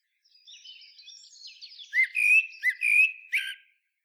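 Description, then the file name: Common blackbird song: a soft, high twittering warble swells into several loud fluted whistles, ending on a brief scratchy note. "Turdus merula"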